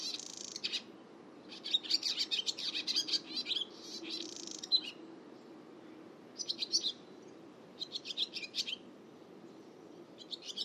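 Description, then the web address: Bird song in several bursts of quick high twittering notes, separated by short pauses. "Bird Only"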